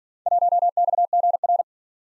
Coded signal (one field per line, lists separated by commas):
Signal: Morse code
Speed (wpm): 47 wpm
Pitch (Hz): 700 Hz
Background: none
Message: 1XGR